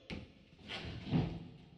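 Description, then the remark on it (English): A door swings shut with a short scrape and a low, solid thud, preceded by a softer knock as it starts to move, with no voices. “Close the door.”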